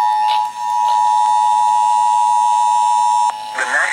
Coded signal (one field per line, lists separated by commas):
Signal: Emergency Alert System (SAME) tones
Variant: 853 and 960 Hz attention tone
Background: speech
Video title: FREEFORM JAZZ... EAS Alerts from 7/17/21 (EAS #5,917 - 5,928)